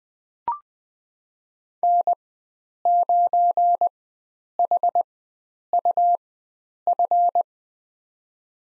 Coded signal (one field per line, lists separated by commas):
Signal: Morse code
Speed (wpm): 20 wpm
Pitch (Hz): 700 Hz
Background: none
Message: N9HUF